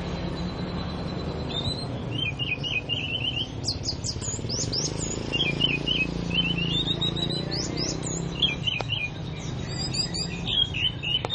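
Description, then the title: Oriental magpie-robin song, rapid repeated trilled phrases and sweet whistles, with a thin steady high tone running underneath and a low background hum. "Kicau Kacer"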